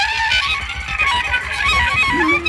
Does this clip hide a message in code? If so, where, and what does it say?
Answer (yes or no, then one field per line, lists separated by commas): no